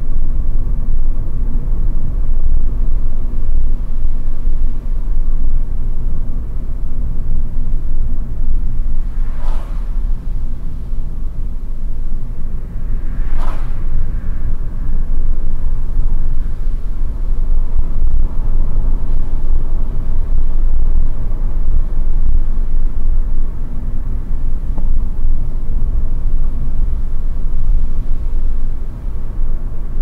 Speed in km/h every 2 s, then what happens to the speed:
58, 60, 60, 53, 50, 50, 54, 61, 67, 68, 68, 69, 61, 63, 66.
4-7 slows to 50. 10-16 speeds up to 67. 16-30 steady at about 67.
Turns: none.